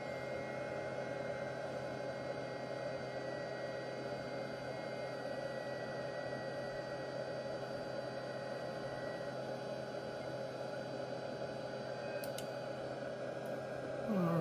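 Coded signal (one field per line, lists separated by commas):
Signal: FT8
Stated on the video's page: FT8 through a Micro PA50+ amplifier under testing.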